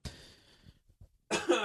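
Two short, harsh adult coughs are heard about a second apart: a first cough that fades out, then a louder, rougher second burst.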